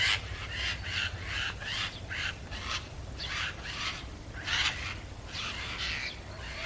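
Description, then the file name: Eurasian jay producing a run of rough, scratchy calls in quick succession, a few louder than the rest, against a low rumbling background. "Garrulus glandarius"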